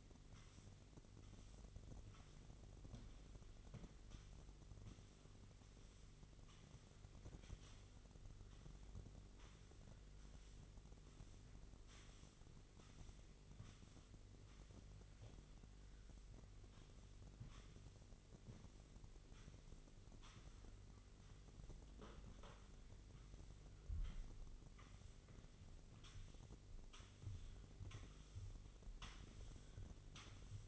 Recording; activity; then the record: daily activity, microphone in the room; sweep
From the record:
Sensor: 4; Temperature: 27.9 degrees Celsius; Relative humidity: 34.3%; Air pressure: 1002.4 hPa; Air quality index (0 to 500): 216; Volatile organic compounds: 12 ppm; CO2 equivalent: 2330 ppm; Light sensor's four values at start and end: 19/69/25/25 and 19/69/25/25